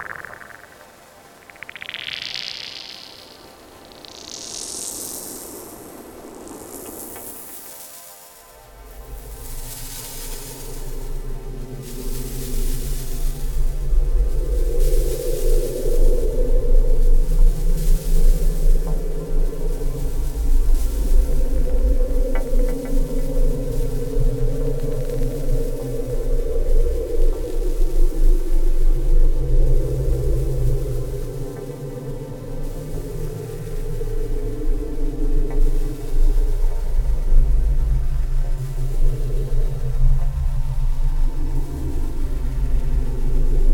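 Processed melting-snow sounds: rising whistling glides for eight seconds, then a dense low rumbling drone with slow pulsing swells and faint trickling.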